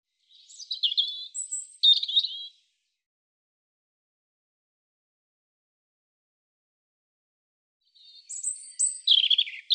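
European robin singing two high, varied phrases of sweet trills and thin whistles, with a long silent gap between them.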